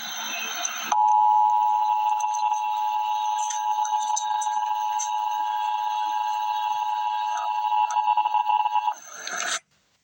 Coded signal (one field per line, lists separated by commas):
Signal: Emergency Alert System (SAME) tones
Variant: 853 and 960 Hz attention tone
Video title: Emergency Alert System - Wind Advisory - Mar 26, 2024 at 8:37 AM EDT